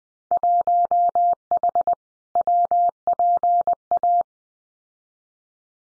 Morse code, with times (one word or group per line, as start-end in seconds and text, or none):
0.3-1.9 1H
2.4-4.2 WPA